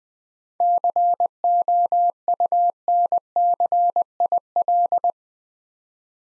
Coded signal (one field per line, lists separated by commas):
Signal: Morse code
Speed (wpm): 20 wpm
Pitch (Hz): 700 Hz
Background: none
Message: COUNCIL